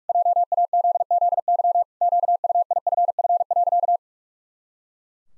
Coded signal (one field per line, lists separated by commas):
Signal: Morse code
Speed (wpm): 41 wpm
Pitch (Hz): 700 Hz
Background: none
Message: JAZZY QUIFF.